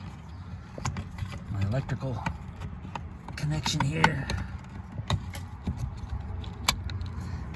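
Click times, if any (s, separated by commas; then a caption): 6.7 s. While reassembling the interior of a 2004 Honda Civic door during a fix for a window that won't roll all the way down, someone talks and reconnects the door panel electrical connector into its mating plug in the car door. Handling noises lead up to a sharp click at 6.7 s as the connector latches and is seated.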